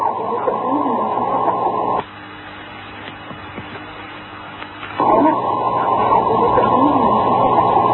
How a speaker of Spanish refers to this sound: Vamos a escuchar el presunto sonido de Nessie, el monstruo del lago Ness.